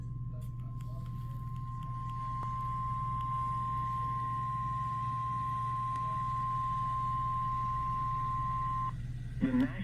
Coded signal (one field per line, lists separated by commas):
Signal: Emergency Alert System (SAME) tones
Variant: 1050 Hz attention tone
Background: speech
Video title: eas svr Eas#77